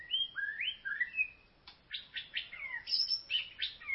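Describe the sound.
White-rumped shama song: clear whistled phrases sliding up and down, then a burst of rapid sharp notes and fast chattering trills.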